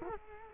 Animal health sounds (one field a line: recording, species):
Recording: mosquito wingbeat signal from an infrared sensor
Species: Culex quinquefasciatus